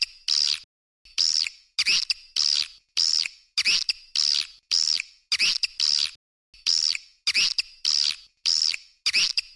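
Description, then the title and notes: Swiftlet chirps, high arched notes repeated in a steady rhythm about every half second, with short gaps between runs. Used for swiftlet farming in Asia. "Swiflet Bird Sound. Farming Swiflet Bird asia sound"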